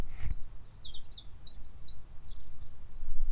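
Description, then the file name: Eurasian wren giving a long, rapid, high-pitched run of trills and chattering notes without pause, over steady low rumbling background noise. "Troglodytes troglodytes"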